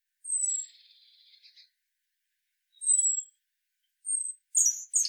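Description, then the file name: European robin giving thin, high drawn-out whistles spaced a second or more apart, one followed by a buzzy note, ending in a quick scratchy flourish. "Erithacus rubecula"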